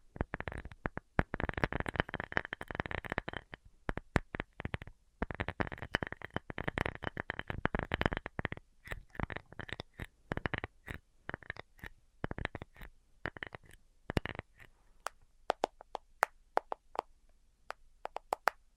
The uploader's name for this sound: Tapping Tingle Immunity Treatment (No Talking)